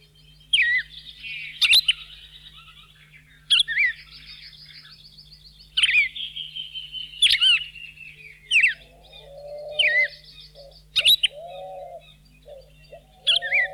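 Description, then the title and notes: Red-crested cardinal delivering a lively run of sharp slurred chirps and trilled, buzzy phrases, with lower, rolling notes added in the second half. Bahía Blanca area, Argentina; population probably descended from escaped cage birds, its survival there owed to human tree planting and parks. "Museo de Ciencias de Bahía Blanca. Cardenal (Paroaria coronata) Los cardenales comunes que se hallan en la zona de Bahía Blanca se han originado probablemente de ejemplares escapados de jaula"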